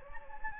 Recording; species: mosquito wingbeat signal from an infrared sensor; Anopheles gambiae